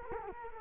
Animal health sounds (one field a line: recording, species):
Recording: mosquito wingbeat signal from an infrared sensor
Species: Culex quinquefasciatus